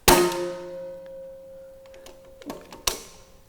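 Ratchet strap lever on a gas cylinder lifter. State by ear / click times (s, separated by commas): released / 2.9 s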